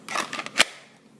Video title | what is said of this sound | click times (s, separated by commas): Ted_cori ebay kydex holster for an M&P 9c | nice audible click there's a single retention screw | 0.6 s